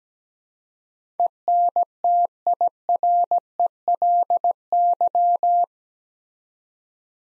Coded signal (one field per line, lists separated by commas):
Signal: Morse code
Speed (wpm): 17 wpm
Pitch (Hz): 700 Hz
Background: none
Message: ENTIRELY